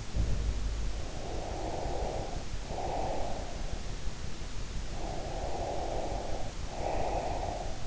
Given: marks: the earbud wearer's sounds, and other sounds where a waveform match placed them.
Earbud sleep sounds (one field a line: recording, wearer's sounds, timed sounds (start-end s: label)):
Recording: sounds in sleep by an in-ear microphone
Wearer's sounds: breath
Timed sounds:
0.10-0.71 s: sound from someone else or the room
1.01-3.74 s: breath
4.84-7.86 s: breath